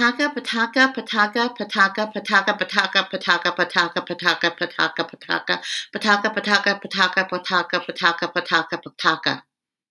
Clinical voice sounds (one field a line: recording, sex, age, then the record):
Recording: repeated syllables /pa ta ka/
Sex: female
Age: 50 to 59 years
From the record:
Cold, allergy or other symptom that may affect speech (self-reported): no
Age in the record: 55 years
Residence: Colorado, United States